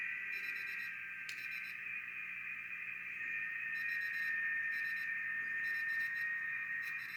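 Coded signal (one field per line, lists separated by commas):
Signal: FT8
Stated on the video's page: Received on a rebuilt BITX40 radio.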